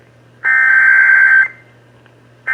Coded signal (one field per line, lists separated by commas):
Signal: Emergency Alert System (SAME) tones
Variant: header bursts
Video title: (EAS #498) Severe Thunderstorm Warning (WBAP-AM)